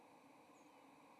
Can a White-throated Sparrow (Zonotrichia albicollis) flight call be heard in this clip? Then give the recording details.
yes. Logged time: 07:43 on 30 October 2014